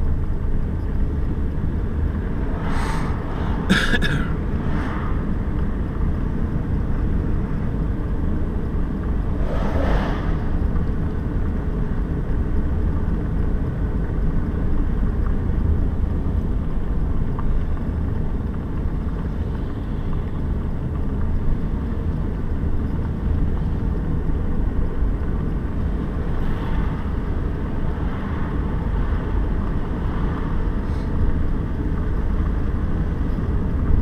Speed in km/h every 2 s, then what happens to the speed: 28, 32, 33, 35, 35, 35, 36, 35, 35, 32, 30, 33, 34, 36, 35, 35, 37.
0-5 speeds up to 35. 5-34 steady at about 35.